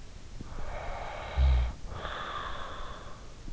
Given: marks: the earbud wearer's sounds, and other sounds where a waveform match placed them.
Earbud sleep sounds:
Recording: sounds in sleep by an in-ear microphone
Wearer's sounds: snoring breath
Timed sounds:
0.33-3.52 s: snoring breath

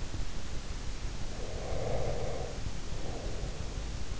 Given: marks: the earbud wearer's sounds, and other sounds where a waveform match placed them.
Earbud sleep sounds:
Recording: sounds in sleep by an in-ear microphone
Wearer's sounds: breath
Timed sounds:
1.11-4.06 s: breath

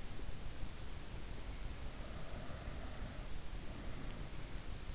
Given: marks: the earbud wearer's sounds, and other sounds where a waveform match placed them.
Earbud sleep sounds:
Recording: sounds in sleep by an in-ear microphone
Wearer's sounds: breath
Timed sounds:
1.93-4.58 s: breath

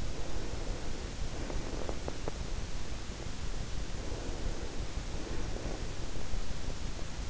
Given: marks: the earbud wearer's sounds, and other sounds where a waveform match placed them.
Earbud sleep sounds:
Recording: sounds in sleep by an in-ear microphone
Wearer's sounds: breath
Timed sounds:
0.00-2.60 s: breath
4.04-5.88 s: breath

